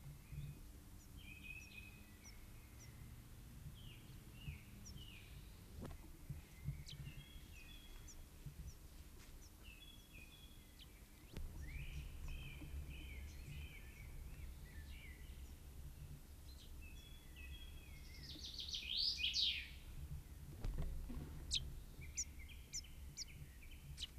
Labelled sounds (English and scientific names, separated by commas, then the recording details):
Common Chaffinch (Fringilla coelebs) song
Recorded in the wild
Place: Garmisch-Partenkirchen, Bayern, DE
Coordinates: 47.46, 11.1806
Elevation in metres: 1004
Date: 1969-04-11
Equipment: Uher 4000, Sennheiser MKH 405
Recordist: Tretzel, Erwin